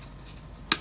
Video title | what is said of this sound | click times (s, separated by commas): LEGO Disney 2023 100 Years Of Disney Animated Icons 43221 Complete Build | they snap right in place doesn't look too bad that's what it looks like in the back | 0.7 s